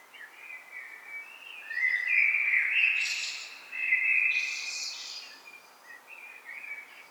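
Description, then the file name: Common blackbird song: soft twittering, then two loud phrases with high squeaky twitters about two seconds apart, then quieter notes. "Turdus merula"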